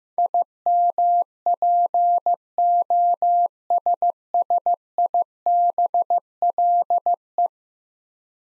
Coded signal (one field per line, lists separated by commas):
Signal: Morse code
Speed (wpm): 15 wpm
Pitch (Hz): 700 Hz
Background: none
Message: IMPOSSIBLE